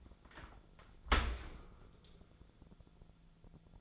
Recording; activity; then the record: daily activity, microphone in the room; open dishwasher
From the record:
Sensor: 5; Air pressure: 1000.5 hPa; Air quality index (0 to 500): 156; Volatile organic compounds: 2 ppm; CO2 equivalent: 1193 ppm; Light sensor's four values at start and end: 42/95/40/44 and 42/96/41/44